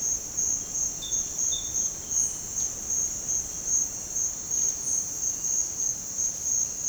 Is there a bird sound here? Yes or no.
yes